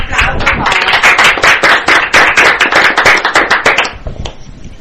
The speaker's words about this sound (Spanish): ¡Aplausos!